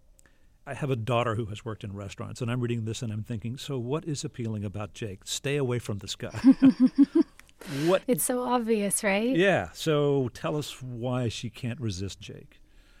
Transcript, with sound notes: I have a daughter who has worked in restaurants, and I'm reading this and I'm thinking so what is appealing about Jake? Stay away from this guy.
(Laughter).
What.
It's so obvious, right?
Yeah. So tell us why she can't resist Jake.